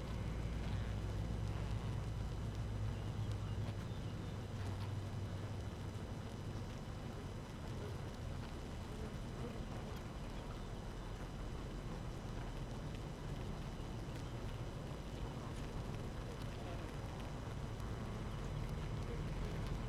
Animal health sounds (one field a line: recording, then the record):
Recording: honeybee colony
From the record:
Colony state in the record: active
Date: 12 June 2018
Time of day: 6:09